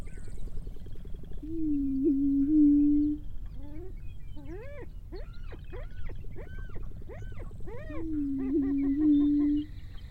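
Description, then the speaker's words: Chicken: hen giving a drawn-out, wavering crooning note, then a run of short arched notes, then another long crooning note. Hen's homely, contented carol in spring. "Even the hen has a homely, contented carol."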